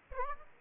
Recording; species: mosquito wingbeat signal from an infrared sensor; Aedes aegypti